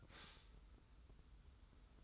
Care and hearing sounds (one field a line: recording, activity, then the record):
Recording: daily activity, microphone in the room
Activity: stop toaster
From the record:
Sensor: 3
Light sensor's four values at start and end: 34/80/32/30 and 34/80/32/30